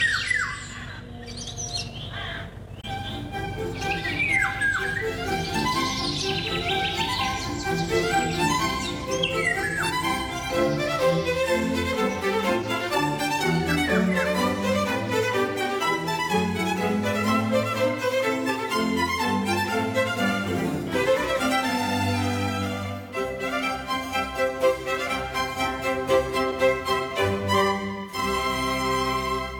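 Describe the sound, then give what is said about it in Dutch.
A busy, nonstop chorus of a house sparrow family, about seven or eight birds (two parents and many young), just outside the door at Stadszicht, chirping and chattering over one another as the young hop after the parents begging for food, with no one speaking. “Een mussenfamilie, ik denk een stuk of 7, 8 mussen.”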